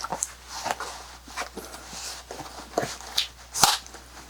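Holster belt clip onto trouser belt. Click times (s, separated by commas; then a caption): 3.6 s. A leather-and-polymer holster's belt clip wraps around a trouser belt during mounting, with scattered rustling and small handling taps throughout. The clip snaps into place with an audible click at 3.6 s, seating the holster on the belt.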